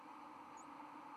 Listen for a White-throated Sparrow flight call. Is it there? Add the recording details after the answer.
no. Another species' flight call is heard. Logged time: 03:05 on 31 October 2014